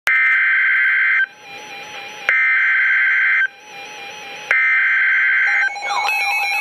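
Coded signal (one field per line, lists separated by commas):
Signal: Emergency Alert System (SAME) tones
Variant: header bursts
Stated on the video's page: Severe Thunderstorm Warning on NOAA Weather Radio station KEC60 Milwaukee, Wisconsin.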